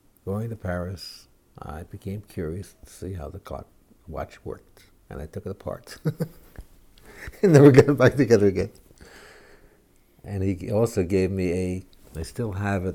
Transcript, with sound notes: going to Paris I became curious to see how the clock watch worked and I took it apart. [Laughs] I never got it back together again. And he also gave me a, I still have it.,